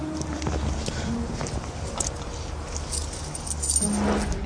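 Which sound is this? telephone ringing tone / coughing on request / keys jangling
keys jangling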